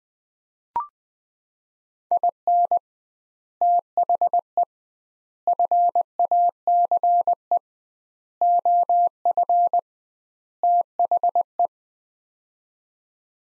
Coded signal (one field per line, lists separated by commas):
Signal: Morse code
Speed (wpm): 20 wpm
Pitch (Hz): 700 Hz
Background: none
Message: IN THE FACE OF THE